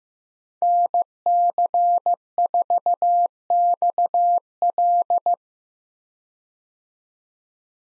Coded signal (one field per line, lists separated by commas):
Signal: Morse code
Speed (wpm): 15 wpm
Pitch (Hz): 700 Hz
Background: none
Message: NC4XL